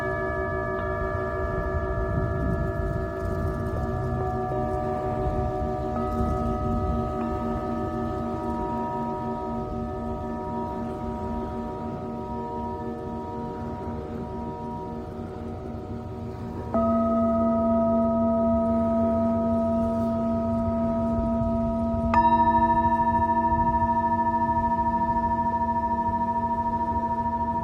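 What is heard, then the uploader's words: A Tibetan singing bowl hums with long sustained overlapping tones, a low rumble underneath, and fresh strikes near 17 and 22 seconds raising the ring. Tibetan Singing Bowl のサウンドヒーリングLIVE.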